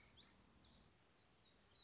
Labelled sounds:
Black-throated Gray Warbler
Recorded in Sonoma County, California

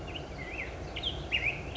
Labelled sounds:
Black-headed Grosbeak
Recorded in Sonoma County, California

